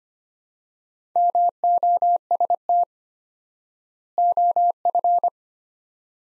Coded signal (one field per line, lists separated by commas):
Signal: Morse code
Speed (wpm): 25 wpm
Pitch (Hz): 700 Hz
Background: none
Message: MOST OF